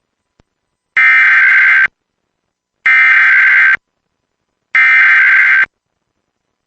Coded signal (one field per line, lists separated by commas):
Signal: Emergency Alert System (SAME) tones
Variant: header bursts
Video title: Evacuation Immediate | EAS #508